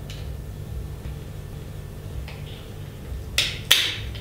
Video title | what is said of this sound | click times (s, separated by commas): Информационный ролик об инъекторах Simcro часть 1 | Needle guard clicks back into place. | 3.7 s